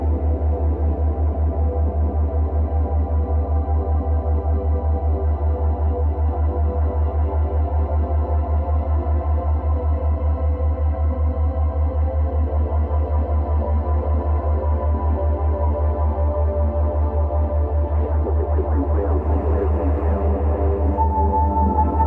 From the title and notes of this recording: Full-spectrum binaural ambience.